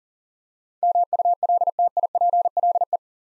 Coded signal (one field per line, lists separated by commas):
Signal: Morse code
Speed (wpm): 40 wpm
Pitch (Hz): 700 Hz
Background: none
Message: MULTIPLE